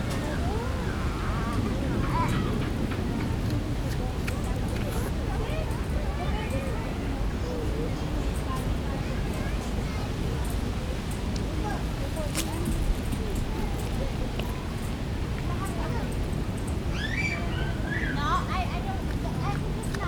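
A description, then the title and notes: Evening at Kensington Palace: a steady low murmur of crowd chatter with distant-free traffic rumble, occasional clicks and brief bird chirps near seventeen seconds. Kensington Palace. Evening.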